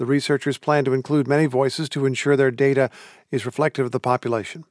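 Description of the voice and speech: One adult man speaks a single sentence fluently and clearly, at a moderate rate with a steady mid-range pitch and one brief mid-sentence pause. His voice is clear and smooth, with crisp consonants. This is ordinary narration with typical speech and no sign of a voice disorder.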